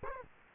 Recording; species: mosquito wingbeat signal from an infrared sensor; Culex quinquefasciatus